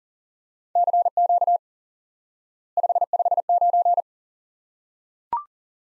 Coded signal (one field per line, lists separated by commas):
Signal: Morse code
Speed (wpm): 38 wpm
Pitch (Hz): 700 Hz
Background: none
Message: CQ 559